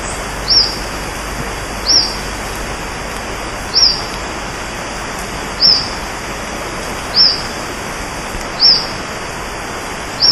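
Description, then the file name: Social flycatcher calls, short sharp high notes repeated roughly every one to two seconds over constant loud hiss. Recorded on 10 October 2011 in Urugua-í Provincial Park. "Myiozetetes-similis 2011-10-10 PP-Urugua-i Jorge-La-Grotteria"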